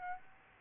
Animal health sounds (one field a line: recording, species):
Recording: mosquito wingbeat signal from an infrared sensor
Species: Aedes aegypti